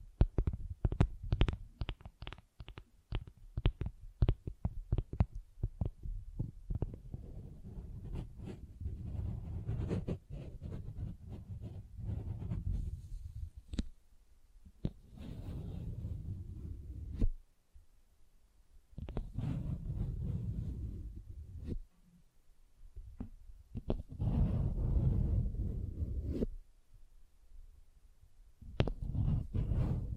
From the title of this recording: Tingly Textures Tapping and Scratching